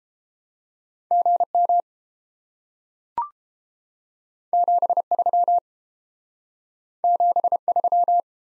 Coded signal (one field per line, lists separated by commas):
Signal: Morse code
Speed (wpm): 31 wpm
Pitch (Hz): 700 Hz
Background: none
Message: GM 73 73